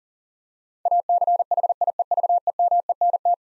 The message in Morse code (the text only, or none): ACHIEVEMENT